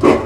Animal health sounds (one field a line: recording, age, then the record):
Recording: pig call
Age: growing-finishing pig (85 days or more)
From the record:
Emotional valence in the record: positive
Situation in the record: run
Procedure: transit